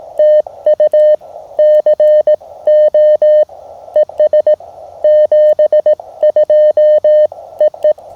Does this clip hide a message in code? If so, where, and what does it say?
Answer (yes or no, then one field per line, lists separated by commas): yes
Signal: Morse code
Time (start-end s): 0.2-7.9 s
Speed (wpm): 18 wpm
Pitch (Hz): 590 Hz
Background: none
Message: TU CO ES 72 EE